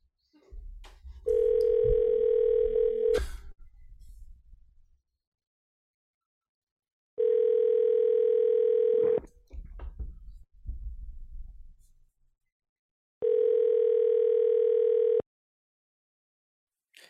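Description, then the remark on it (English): A loud, steady telephone tone sounds in three even bursts of about two seconds each, separated by pauses filled with low rumbling handling noise, as a phone call rings on the line while someone tries to reach somebody. “Just trying to get somebody on the phone.”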